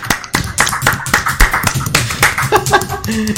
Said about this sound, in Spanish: Qué aplauso más lamentable, chaval. Terrible. Injusto. Estas horas ya no se puede hacer ruido.